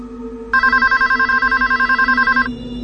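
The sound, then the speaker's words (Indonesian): A home landline telephone in the living room rings in a rapid, trilling electronic burst lasting about two seconds, its bright harmonic tones pulsing quickly over a steady low hum. “telepon di rumahku berdering.”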